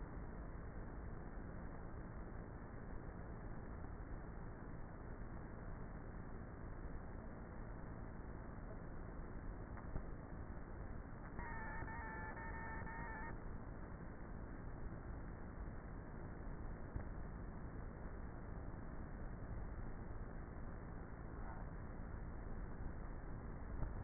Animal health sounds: honeybee colony, microphone inside the hive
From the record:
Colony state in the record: queenless with a low population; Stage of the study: before two queens were removed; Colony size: about 30,000 bees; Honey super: no

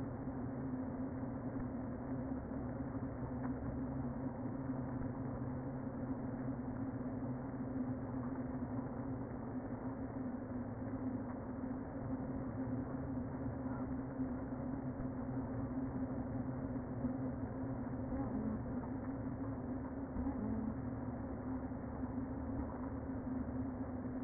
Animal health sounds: honeybee colony, microphone inside the hive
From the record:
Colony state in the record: queen present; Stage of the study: before two queens were removed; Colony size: about 60,000 bees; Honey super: yes

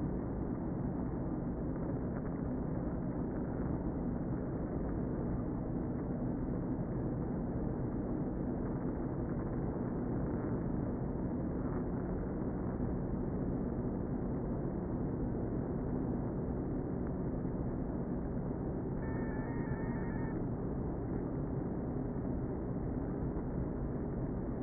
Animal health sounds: honeybee colony, microphone inside the hive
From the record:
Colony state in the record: queen present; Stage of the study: before two queens were removed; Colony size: about 60,000 bees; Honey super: yes

